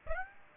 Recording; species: mosquito wingbeat signal from an infrared sensor; Aedes aegypti